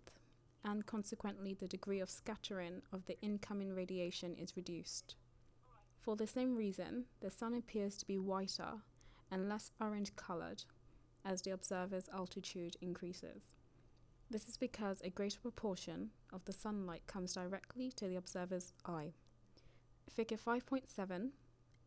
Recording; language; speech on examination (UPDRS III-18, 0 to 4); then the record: text read into a phone; English; 0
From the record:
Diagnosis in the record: healthy control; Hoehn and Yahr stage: 0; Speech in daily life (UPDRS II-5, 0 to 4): 0